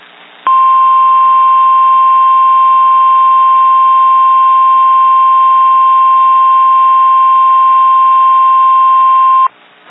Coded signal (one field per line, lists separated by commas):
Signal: Emergency Alert System (SAME) tones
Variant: 1050 Hz attention tone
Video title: Required Weekly Test (EAS 276)